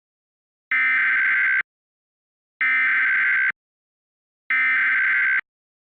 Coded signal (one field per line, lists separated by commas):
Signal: Emergency Alert System (SAME) tones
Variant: header bursts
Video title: EAS Scenario - Hawaii Bombing